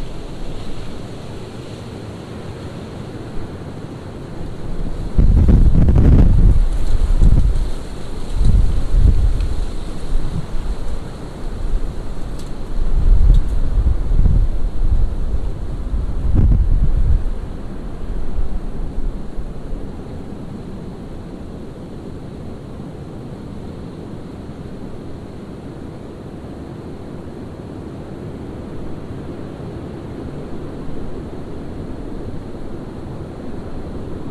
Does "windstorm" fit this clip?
yes